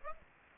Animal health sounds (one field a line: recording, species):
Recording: mosquito wingbeat signal from an infrared sensor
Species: Aedes aegypti